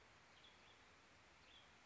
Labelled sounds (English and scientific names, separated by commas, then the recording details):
Western Tanager (Piranga ludoviciana)
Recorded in Sonoma County, California